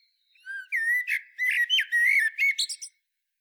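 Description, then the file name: Eurasian blackbird singing one phrase: low, mellow fluted warbling that ends in a rapid burst of high squeaky twittering, against a silent background. "Turdus merula"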